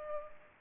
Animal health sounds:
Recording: mosquito wingbeat signal from an infrared sensor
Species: Culex pipiens

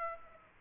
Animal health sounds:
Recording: mosquito wingbeat signal from an infrared sensor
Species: Aedes aegypti

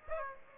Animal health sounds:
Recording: mosquito wingbeat signal from an infrared sensor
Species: Aedes aegypti

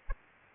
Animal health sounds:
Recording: mosquito wingbeat signal from an infrared sensor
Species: Aedes aegypti

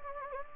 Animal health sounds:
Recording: mosquito wingbeat signal from an infrared sensor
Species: Anopheles gambiae

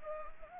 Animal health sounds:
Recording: mosquito wingbeat signal from an infrared sensor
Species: Anopheles gambiae

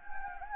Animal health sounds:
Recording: mosquito wingbeat signal from an infrared sensor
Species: Anopheles gambiae

